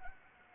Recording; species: mosquito wingbeat signal from an infrared sensor; Anopheles arabiensis